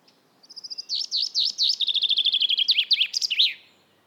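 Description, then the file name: Common chaffinch song: a cheerful descending cascade of quick notes speeding up into a rattling series, finished with a loud emphatic flourish. "Fringilla coelebs"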